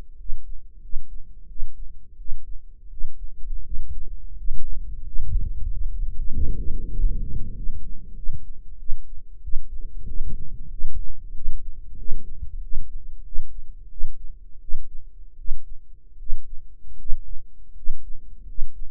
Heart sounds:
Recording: heart sounds by microphone in the right ear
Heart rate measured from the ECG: 89 bpm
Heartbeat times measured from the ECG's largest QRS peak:
0.16 s: heartbeat
0.80 s: heartbeat
1.47 s: heartbeat
2.16 s: heartbeat
2.88 s: heartbeat
3.62 s: heartbeat
4.34 s: heartbeat
5.02 s: heartbeat
5.67 s: heartbeat
6.29 s: heartbeat
6.92 s: heartbeat
7.54 s: heartbeat
8.14 s: heartbeat
8.77 s: heartbeat
9.41 s: heartbeat
10.05 s: heartbeat
10.69 s: heartbeat
11.33 s: heartbeat
11.96 s: heartbeat
12.60 s: heartbeat
13.23 s: heartbeat
13.89 s: heartbeat
14.59 s: heartbeat
15.36 s: heartbeat
16.17 s: heartbeat
16.97 s: heartbeat
17.74 s: heartbeat
18.45 s: heartbeat
From the record:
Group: healthy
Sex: male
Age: 23 years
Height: 179 cm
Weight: 87 kg

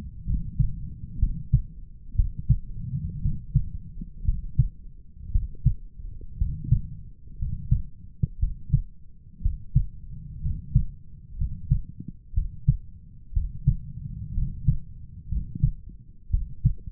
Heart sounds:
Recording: heart sounds by stethoscope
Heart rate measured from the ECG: 60 bpm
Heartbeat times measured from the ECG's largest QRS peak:
0.26 s: heartbeat
1.19 s: heartbeat
2.15 s: heartbeat
3.21 s: heartbeat
4.24 s: heartbeat
5.31 s: heartbeat
6.37 s: heartbeat
7.38 s: heartbeat
8.39 s: heartbeat
9.41 s: heartbeat
10.41 s: heartbeat
11.37 s: heartbeat
12.33 s: heartbeat
13.32 s: heartbeat
14.33 s: heartbeat
15.28 s: heartbeat
16.30 s: heartbeat
From the record:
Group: healthy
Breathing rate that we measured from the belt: 17 breaths a minute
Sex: male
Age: 23 years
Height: 178 cm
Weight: 96.6 kg

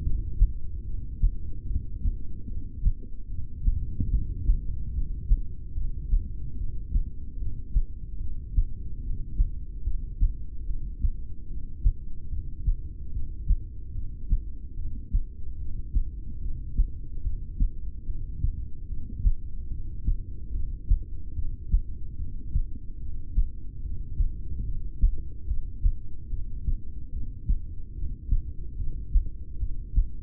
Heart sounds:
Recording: heart sounds by stethoscope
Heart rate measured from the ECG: 73 bpm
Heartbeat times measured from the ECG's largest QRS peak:
0.81 s: heartbeat
1.63 s: heartbeat
2.44 s: heartbeat
3.25 s: heartbeat
4.07 s: heartbeat
4.89 s: heartbeat
5.71 s: heartbeat
6.53 s: heartbeat
7.34 s: heartbeat
8.16 s: heartbeat
8.98 s: heartbeat
9.80 s: heartbeat
10.62 s: heartbeat
11.44 s: heartbeat
12.26 s: heartbeat
13.08 s: heartbeat
13.90 s: heartbeat
14.72 s: heartbeat
15.54 s: heartbeat
16.37 s: heartbeat
17.19 s: heartbeat
18.02 s: heartbeat
18.84 s: heartbeat
19.66 s: heartbeat
20.48 s: heartbeat
21.31 s: heartbeat
22.13 s: heartbeat
22.95 s: heartbeat
23.78 s: heartbeat
24.61 s: heartbeat
25.43 s: heartbeat
26.25 s: heartbeat
27.07 s: heartbeat
27.90 s: heartbeat
28.73 s: heartbeat
29.55 s: heartbeat
From the record:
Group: heart failure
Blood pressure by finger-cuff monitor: 100/63 mmHg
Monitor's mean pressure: 78 mmHg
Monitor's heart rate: 74 bpm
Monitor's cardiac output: 6.5 L/min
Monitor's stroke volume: 88 mL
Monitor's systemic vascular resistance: 860 dyn s/cm5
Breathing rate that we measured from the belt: 15 breaths a minute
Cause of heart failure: ischemic heart disease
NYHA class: 2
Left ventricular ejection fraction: 28%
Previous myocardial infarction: present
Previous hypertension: present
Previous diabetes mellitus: present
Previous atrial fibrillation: present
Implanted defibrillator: present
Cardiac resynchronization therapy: present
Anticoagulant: apixaban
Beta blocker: bisoprolol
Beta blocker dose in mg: 10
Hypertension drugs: sacubitril-valsartan, spironolactone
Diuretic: furosemide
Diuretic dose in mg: 20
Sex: male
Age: 62 years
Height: 178 cm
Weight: 88.3 kg

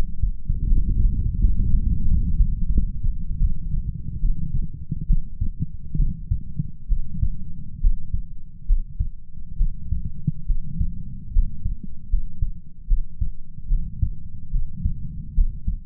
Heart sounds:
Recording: heart sounds by stethoscope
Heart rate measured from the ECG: 74 bpm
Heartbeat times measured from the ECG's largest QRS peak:
0.65 s: heartbeat
1.39 s: heartbeat
2.05 s: heartbeat
2.70 s: heartbeat
3.38 s: heartbeat
4.18 s: heartbeat
5.06 s: heartbeat
5.95 s: heartbeat
6.87 s: heartbeat
7.79 s: heartbeat
8.65 s: heartbeat
9.56 s: heartbeat
10.45 s: heartbeat
11.31 s: heartbeat
12.08 s: heartbeat
12.86 s: heartbeat
13.67 s: heartbeat
14.50 s: heartbeat
15.33 s: heartbeat
From the record:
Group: healthy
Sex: female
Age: 26 years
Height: 165 cm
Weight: 55 kg

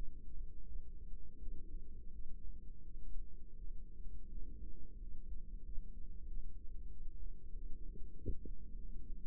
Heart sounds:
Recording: heart sounds by microphone in the right ear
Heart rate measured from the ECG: 89 bpm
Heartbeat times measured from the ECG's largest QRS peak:
0.63 s: heartbeat
1.38 s: heartbeat
2.10 s: heartbeat
2.81 s: heartbeat
3.55 s: heartbeat
4.29 s: heartbeat
4.98 s: heartbeat
5.62 s: heartbeat
6.27 s: heartbeat
6.90 s: heartbeat
7.53 s: heartbeat
8.16 s: heartbeat
8.76 s: heartbeat
From the record:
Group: healthy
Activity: rest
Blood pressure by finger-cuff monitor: 122/67 mmHg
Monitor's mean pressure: 90 mmHg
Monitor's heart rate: 84 bpm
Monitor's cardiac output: 8 L/min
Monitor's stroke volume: 93 mL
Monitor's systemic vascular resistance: 830 dyn s/cm5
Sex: female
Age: 24 years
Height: 163 cm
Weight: 55.7 kg

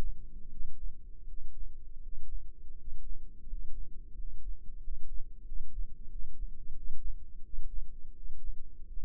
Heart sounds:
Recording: heart sounds by microphone in the left ear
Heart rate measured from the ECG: 86 bpm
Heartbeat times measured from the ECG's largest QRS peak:
0.49 s: heartbeat
1.26 s: heartbeat
2.00 s: heartbeat
2.75 s: heartbeat
3.47 s: heartbeat
4.15 s: heartbeat
4.80 s: heartbeat
5.44 s: heartbeat
6.08 s: heartbeat
6.73 s: heartbeat
7.42 s: heartbeat
8.13 s: heartbeat
8.85 s: heartbeat
From the record:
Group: healthy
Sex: male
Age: 33 years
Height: 179 cm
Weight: 80.4 kg

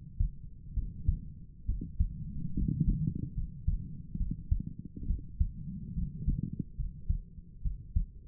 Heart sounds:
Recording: heart sounds by stethoscope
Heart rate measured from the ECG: 70 bpm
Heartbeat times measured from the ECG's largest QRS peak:
0.75 s: heartbeat
1.67 s: heartbeat
2.55 s: heartbeat
3.35 s: heartbeat
4.18 s: heartbeat
5.08 s: heartbeat
5.95 s: heartbeat
6.77 s: heartbeat
7.63 s: heartbeat
From the record:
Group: healthy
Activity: cold pressor test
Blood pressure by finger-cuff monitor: 113/54 mmHg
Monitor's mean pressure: 76 mmHg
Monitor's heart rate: 69 bpm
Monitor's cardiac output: 7.3 L/min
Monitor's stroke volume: 106 mL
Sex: female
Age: 22 years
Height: 160 cm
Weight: 63 kg

